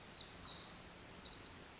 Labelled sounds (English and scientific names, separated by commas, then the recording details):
Pacific Wren (Troglodytes pacificus)
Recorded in Sonoma County, California